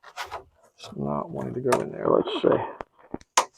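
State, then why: Seated. Someone talks while pressing a small twist vent cap into the top of a plastic humidity dome lid on a propagation tray, struggling to get it in. A couple of faint ticks follow, then a sharp, loud snap at 3.4 s as the cap seats into place.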